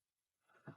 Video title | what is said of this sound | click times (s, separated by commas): Watch This Before Running Your Next Load Of Laundry! | make sure you hear to click don't forget the cap | 0.7 s